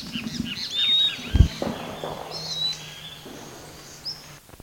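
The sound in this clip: Bird calls: several overlapping high chirps and thin whistles, with a heavy low thump early on and a steady low hum.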